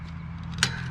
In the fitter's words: You push it again, push it up, and then it locks into place.